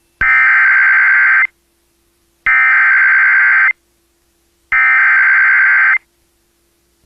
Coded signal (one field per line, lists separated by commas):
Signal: Emergency Alert System (SAME) tones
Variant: header bursts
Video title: Nothing To Be Said Here | EAS Alerts from 8/19/21 (EAS #685-695)